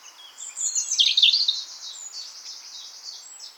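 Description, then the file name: European robin song, a dense high warbling phrase with sharp slurred notes, trailing into softer twittering. "Erithacus rubecula"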